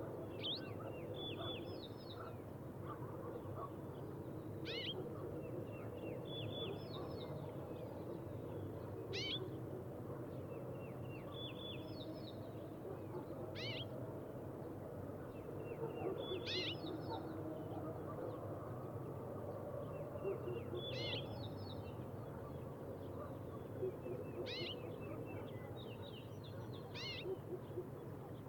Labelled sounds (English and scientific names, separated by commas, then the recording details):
Yellow-breasted Bunting (Emberiza aureola)
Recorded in the wild
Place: Ulan Bator, MN
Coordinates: 47.886, 106.906
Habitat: Park
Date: 1979-06-08
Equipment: Nagra III BH, Sennheiser MD 21, parabola
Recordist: Schubert, Michael